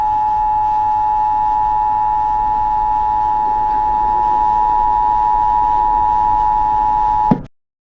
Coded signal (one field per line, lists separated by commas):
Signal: Emergency Alert System (SAME) tones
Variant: 853 and 960 Hz attention tone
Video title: EAS MOCK (Severe Thunderstorm Warning) New York, New Jersey Area